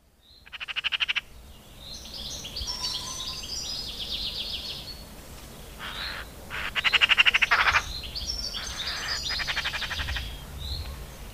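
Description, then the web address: Eurasian magpie giving harsh, rapid rattling chatter in several bursts, one near the start and longer ones later. "agykontroll Madardalok Cd 2. Szarka"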